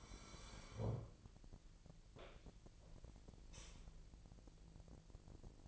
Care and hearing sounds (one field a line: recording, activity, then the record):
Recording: daily activity, microphone in the room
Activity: sit down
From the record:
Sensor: 5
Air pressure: 1002.0 hPa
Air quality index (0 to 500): 248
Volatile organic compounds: 31 ppm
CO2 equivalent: 2973 ppm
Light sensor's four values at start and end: 39/93/39/42 and 39/93/39/42